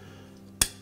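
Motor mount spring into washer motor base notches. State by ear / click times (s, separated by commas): seated / 0.6 s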